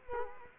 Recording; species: mosquito wingbeat signal from an infrared sensor; Culex quinquefasciatus